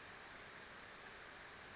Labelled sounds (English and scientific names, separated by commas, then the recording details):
Western Flycatcher (Empidonax difficilis)
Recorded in Sonoma County, California